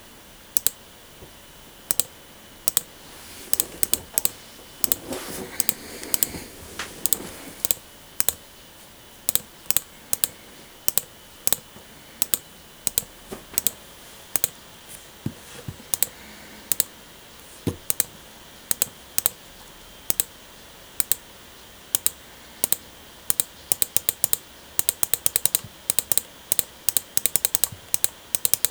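Sharp, bright mouse clicks snap out in quick irregular bursts over a faint low hiss, sometimes spaced a second apart, sometimes doubled or tripled in rapid succession. A brief soft rustle sits under the clicks around five to seven seconds, and the clicking thickens near the end.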